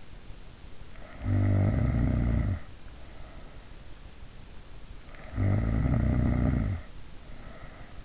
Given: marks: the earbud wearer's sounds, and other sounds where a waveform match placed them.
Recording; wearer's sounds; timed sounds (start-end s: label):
sounds in sleep by an in-ear microphone; snoring breath
0.79-3.71 s: snoring breath
5.02-8.05 s: snoring breath